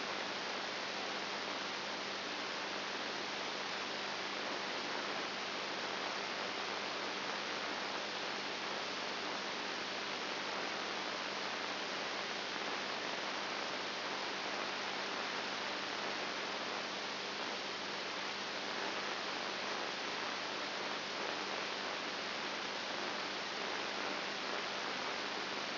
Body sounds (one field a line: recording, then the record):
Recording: brain microelectrode recording played as sound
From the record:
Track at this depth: inside the subthalamic nucleus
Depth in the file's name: 6.3 mm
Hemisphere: right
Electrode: 2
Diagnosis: Parkinson's disease